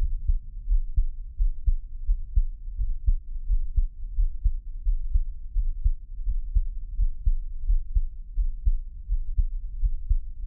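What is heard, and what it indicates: A normal adult heartbeat heard through a close microphone, ASMR style, with no talking.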